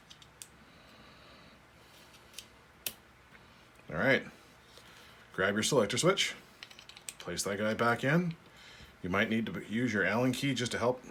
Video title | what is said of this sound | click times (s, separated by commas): Changing your trigger reset spring on your first strike T15 | from right to left and push until you hear the click. | 0.4 s, 2.9 s